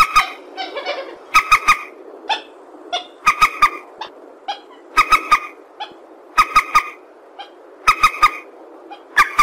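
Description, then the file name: Purple swamphen calls: short nasal honking notes with sharp clicks in clusters of two or three, repeated at short intervals, with softer notes between. "tieng trich re keu"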